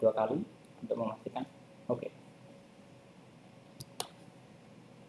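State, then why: Seated. An RJ45 connector on a LAN cable is crimped a second time in a crimping tool to make sure it is fully pressed. Someone talks, then a faint tick at 3.8 s leads into a sharp click at 4.0 s. The connector is seated and the crimp is confirmed.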